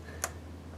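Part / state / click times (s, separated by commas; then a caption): 90-degree hose quick-connect fitting onto PCV valve on valve cover / seated / 0.2 s. A 90-degree quick-connect hose fitting from a UPR plug-and-play oil catch can kit is pushed down onto the PCV valve on the valve cover of a Ford F-150 3.5 or 2.7 EcoBoost. A single sharp, bright click sounds at 0.2 seconds over a steady low hum, and the fitting is seated.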